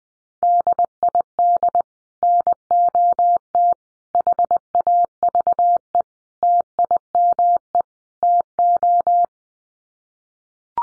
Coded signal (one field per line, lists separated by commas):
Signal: Morse code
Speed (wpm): 20 wpm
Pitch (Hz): 700 Hz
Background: none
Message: DID NOT HAVE TIME TO